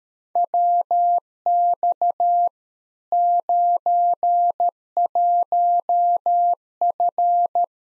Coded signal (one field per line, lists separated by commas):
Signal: Morse code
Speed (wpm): 13 wpm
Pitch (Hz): 700 Hz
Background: none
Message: WX 91F